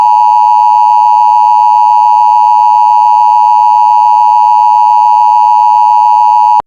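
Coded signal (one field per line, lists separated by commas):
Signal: Emergency Alert System (SAME) tones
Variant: 853 and 960 Hz attention tone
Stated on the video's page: Fictional EAS scenario.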